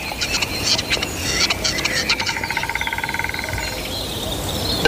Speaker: 森林深处传来一阵节奏感十足的奇怪声响。对雌性松鸡来说，这个声音十分悦耳动听。